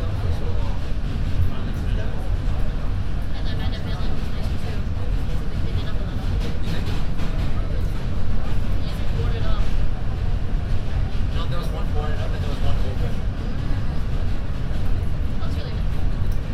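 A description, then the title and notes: Inside a moving subway train, a steady deep rumble and rattle fill the car while indistinct voices murmur throughout. A binaural field recording on the N train, from 36th street Brooklyn to 42nd street Manhattan.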